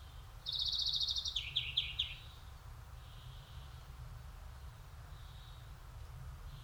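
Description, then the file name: European greenfinch giving a rapid, even trill lasting about a second, then a few lower twittering notes, with faint calls afterwards and constant low background rumble. "Chloris chloris"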